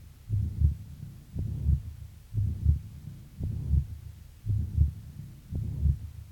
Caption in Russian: В четвертой точке аускультации появление систолического шума свидетельствует о наличии недостаточности трикуспидального клапана. Как правило, она носит функциональный характер и развивается вследствие дилатации правого желудочка и растяжения кольца трикуспидального клапана. Первый тон, как правило, ослаблен. Систолический шум трикуспидальной недостаточности.